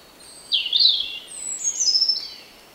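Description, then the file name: European robin singing two high, thin warbled phrases, the second higher than the first, over a quiet background hiss. "Erithacus rubecula"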